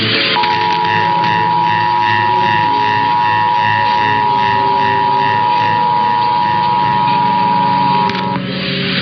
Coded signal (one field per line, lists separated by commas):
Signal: Emergency Alert System (SAME) tones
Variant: 853 and 960 Hz attention tone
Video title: Pennsylvania, Indiana and Kentucky Monthly Tests (EAS #352-364) 4/17-18/24